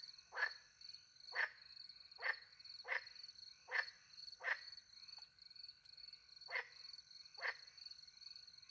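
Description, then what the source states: Frog croaks in a fairly quick series, a short gap, then two more, all over a steady high-pitched trilling of crickets. Frogs with crickets at night in the countryside by a small pond, France; microphones hidden in a tree; two Usi pro microphones into a Mixpre 10 II recorder.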